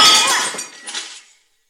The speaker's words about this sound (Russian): Джордж в ярости разбивает бутылку о бар, неподвижно стоит, держа за горлышко остатки бутылки. Ну, я надеюсь, что бутылка была пустая.